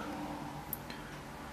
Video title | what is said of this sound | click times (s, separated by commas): Turnigy 9X Smartieparts and TelemetrEZ upgrades | you just pop into place | 0.7 s